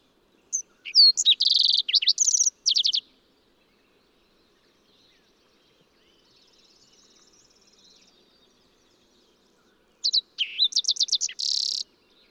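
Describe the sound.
Fox sparrow delivering two songs about ten seconds apart, each a fast string of slurred whistled notes with a buzzy section, quiet between them.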